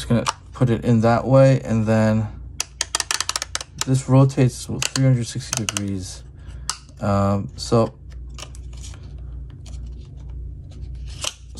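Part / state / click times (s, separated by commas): holster clip arm locking into stand position / seated / 11.3 s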